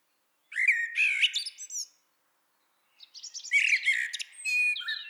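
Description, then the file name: Common blackbird delivering two song phrases, a low fluting warble then a burst of high squeaky chatter, a brief silence between them. "Turdus merula"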